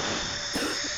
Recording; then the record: coughing mixed with background sound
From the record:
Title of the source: 60 coughing still (deep and wet cough)